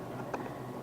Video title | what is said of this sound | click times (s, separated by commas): How to maintain your Stihl Chainsaw & clean out the carborator screen | plate I guess you'd call this I'm not exactly sure what it's called on here and this is a snap in place | 0.3 s